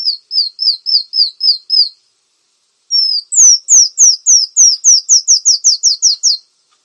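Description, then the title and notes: Brown-throated sunbird gives a quick row of high slurred notes, pauses, then a longer series of similar notes. Actively singing (gacor). "Kolibri Gacor. Kolibri Kelapa"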